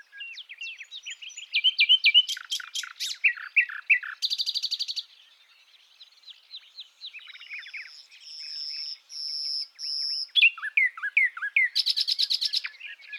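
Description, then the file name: Common nightingale pouring out varied whistles and fast trills, a quieter stretch with long steady whistled tones, then loud rattling phrases again. "Luscinia megarhynchos"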